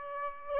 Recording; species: mosquito wingbeat signal from an infrared sensor; Aedes aegypti